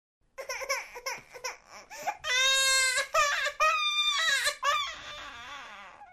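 A baby cries, starting with short, choppy sobs and building to long, high-pitched wails with catches of breath between them. It is an ordinary infant cry in a small indoor room.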